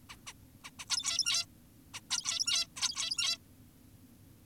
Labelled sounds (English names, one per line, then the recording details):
Zebra Finch
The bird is an adult
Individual g17y2U